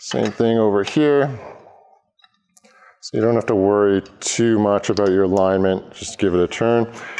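A vertical frame pole of a collapsible Strobepro Rapid V-Flat reflector is dropped into its base socket and twisted until its pins lock. Someone talks, then during a quiet pause faint clicks at 2.2 s and 2.6 s mark the pole locking in before the talking resumes. The pole is seated.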